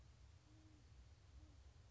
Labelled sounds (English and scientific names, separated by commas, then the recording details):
Great Horned Owl (Bubo virginianus)
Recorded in Sonoma County, California